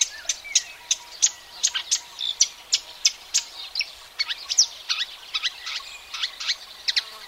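Marsh warbler singing a hurried sequence of high, sharp notes, short trills and slurred whistles, each phrase changing quickly to the next.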